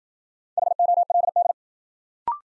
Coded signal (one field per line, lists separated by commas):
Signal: Morse code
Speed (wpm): 53 wpm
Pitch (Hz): 700 Hz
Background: none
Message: HOLD